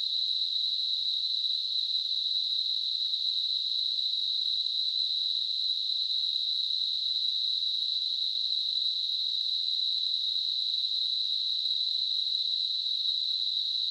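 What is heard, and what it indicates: A steady, unchanging high-pitched hiss runs for about 14 seconds without pauses: a narrow band of noise centred around 4 kHz. It simulates tinnitus, the ringing or hissing some people hear constantly in their ears.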